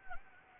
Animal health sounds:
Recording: mosquito wingbeat signal from an infrared sensor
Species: Anopheles gambiae

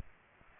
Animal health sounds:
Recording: mosquito wingbeat signal from an infrared sensor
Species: Aedes aegypti

